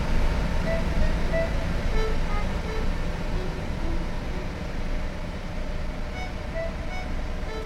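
Steady interior ambience of a bus on the move: a continuous low engine rumble and road roar at an even level, with faint higher tonal hums drifting through and no voices.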